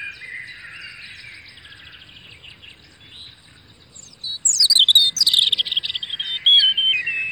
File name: Rouge gorge